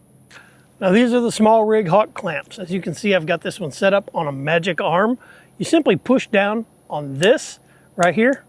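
A SmallRig Hawk magnetic quick-release clamp set up on a magic arm is handled while a DJI Action 5 Pro action camera is readied to go in. Someone talks throughout, and the release on the clamp is pressed down. Nothing has seated or clicked yet.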